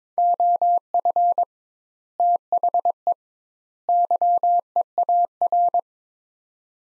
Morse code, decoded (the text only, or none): OF THE YEAR